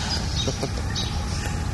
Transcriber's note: Prabhupāda laughs